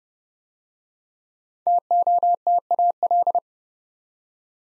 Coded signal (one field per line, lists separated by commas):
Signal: Morse code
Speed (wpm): 30 wpm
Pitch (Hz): 700 Hz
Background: none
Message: TOTAL